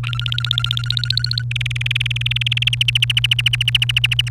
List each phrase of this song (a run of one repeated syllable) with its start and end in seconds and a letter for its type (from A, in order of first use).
0.03-1.42 A, 1.51-2.69 B, 2.73-4.29 C